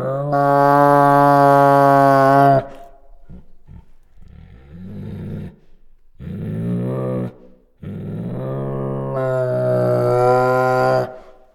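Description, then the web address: Bengal tiger opening with a long, loud, steady moaning whine, then breathy growls and short snorts, ending on another sustained whine. Female; chuffs, growls and whines. "Sound Ideas Tigers Sound Effects"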